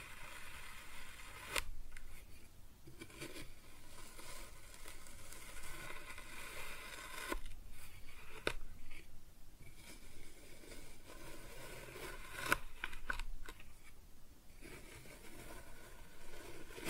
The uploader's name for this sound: Kinetic Sand Cutting and Scooping Sounds